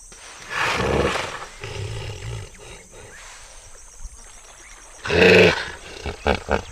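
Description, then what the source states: Hippopotamus grunts: two deep, rough bursts several seconds apart, with a few shorter low sounds between and after them, over a constant high hum. Group of hippos sitting in a water hole in Rwanda in the middle of the day, recorded a couple of meters away; grunting.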